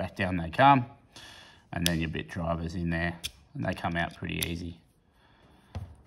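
Someone talks while handling a steel multi-tool, folding its bit driver back down into the handle, with a short sharp tap near 5.8 s. The clip ends before the part goes home, and nothing has seated or clicked yet.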